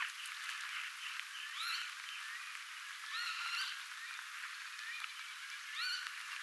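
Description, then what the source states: Northern lapwing calls: three clear bursts of curving, wheezy notes, spaced a couple of seconds apart, above a steady background of croaking. Calls of a parent northern lapwing, recorded on 11 June 2025.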